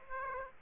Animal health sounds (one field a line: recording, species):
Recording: mosquito wingbeat signal from an infrared sensor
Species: Aedes aegypti